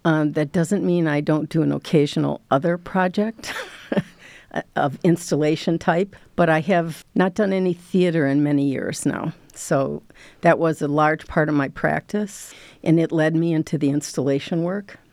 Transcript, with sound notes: That doesn't mean I don't do an occasional other project [LAUGHTER] of installation type, but I have not done any theater in many years now. That was a large part of my practice, and it led me into the installation work.